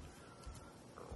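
Two brief, quiet, low gurgling rumbles: an adult's stomach growling, ordinary bowel sounds.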